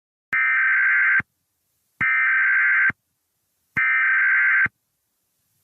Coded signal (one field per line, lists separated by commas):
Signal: Emergency Alert System (SAME) tones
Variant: header bursts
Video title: EAS Scenario #30 The Darkness Nightmare